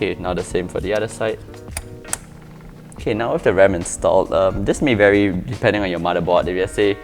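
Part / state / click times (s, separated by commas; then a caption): memory module into motherboard slot / seated / 2.1 s. Someone talks while a Patriot Viper Steel RGB memory module is pressed into a motherboard slot on its other side, repeating the same installation. The plastic latch clicks sharply at 2.1 s and the module is seated.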